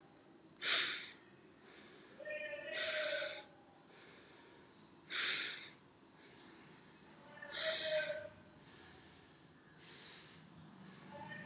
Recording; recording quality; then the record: shallow breathing; excellent, no background noise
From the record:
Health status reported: COVID-19 positive, mild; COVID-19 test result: positive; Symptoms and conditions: sore throat, fever, fatigue, muscle pain, loss of smell and taste, diarrhoea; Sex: male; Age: 35 years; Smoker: not ticked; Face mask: not worn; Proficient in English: yes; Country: India